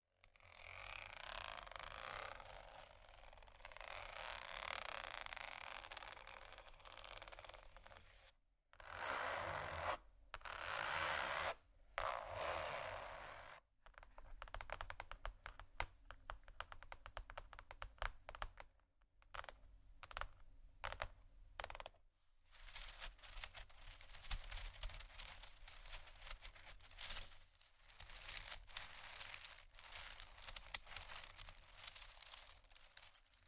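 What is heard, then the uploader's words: Tapping and scratching on glass and bamboo, starting with a dense, hissing scrape that swells and stops abruptly around 8 seconds. Short bursts follow, separated by silences, then from about 22 seconds a fast, crisp run of tapping continues to the end. Tapping, water, scratching, glass, bamboo.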